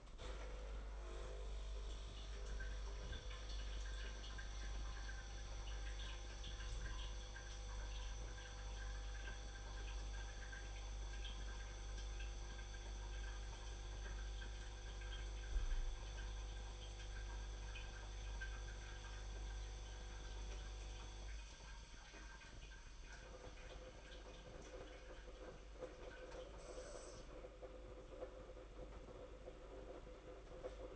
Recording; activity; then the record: daily activity, microphone in the room; make coffee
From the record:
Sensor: 5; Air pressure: 991.9 hPa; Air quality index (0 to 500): 165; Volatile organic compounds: 380 ppm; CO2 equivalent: 4638 ppm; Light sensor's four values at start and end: 32/107/40/42 and 32/108/40/43